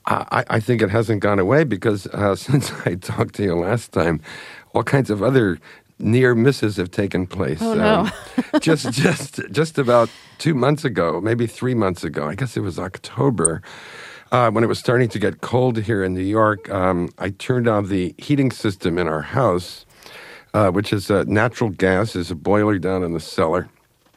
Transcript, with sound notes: I think it hasn't gone away because since I talked to you last time, all kinds of other near misses have taken place.
Oh, no (laughter).
Just about two months ago, maybe three months ago - I guess it was October. When it was starting to get cold here in New York, I turned on the heating system in our house, which is natural gas. There's a boiler down in the cellar,